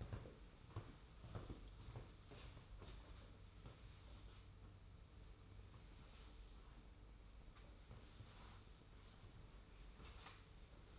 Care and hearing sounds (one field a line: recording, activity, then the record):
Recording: daily activity, microphone in the room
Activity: sweep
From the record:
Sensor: 1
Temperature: 25.3 degrees Celsius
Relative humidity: 41.5%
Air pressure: 991.4 hPa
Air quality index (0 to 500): 127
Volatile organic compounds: 318 ppm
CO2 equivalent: 4520 ppm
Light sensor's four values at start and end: 42/129/51/53 and 36/116/45/47